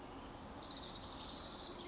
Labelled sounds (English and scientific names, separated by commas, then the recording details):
Lazuli Bunting (Passerina amoena)
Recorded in Sonoma County, California